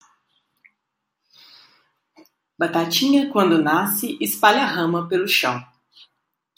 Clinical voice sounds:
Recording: short text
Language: Brazilian Portuguese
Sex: female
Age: 30 to 39 years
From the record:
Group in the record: control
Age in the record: 31 years

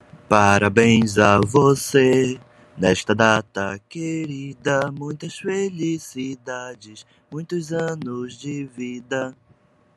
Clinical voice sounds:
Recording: short text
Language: Brazilian Portuguese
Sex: male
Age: 30 to 39 years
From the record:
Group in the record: control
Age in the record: 30 years

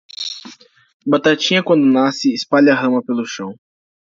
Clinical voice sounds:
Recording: short text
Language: Brazilian Portuguese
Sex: male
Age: 18 to 19 years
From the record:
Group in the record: control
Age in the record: 19 years

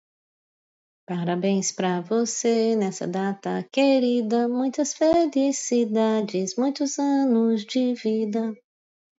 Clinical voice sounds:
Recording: short text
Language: Brazilian Portuguese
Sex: female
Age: 50 to 59 years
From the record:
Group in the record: control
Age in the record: 57 years

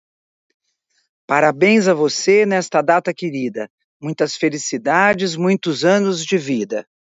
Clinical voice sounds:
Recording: short text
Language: Brazilian Portuguese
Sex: female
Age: 60 to 69 years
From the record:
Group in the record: control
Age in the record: 67 years

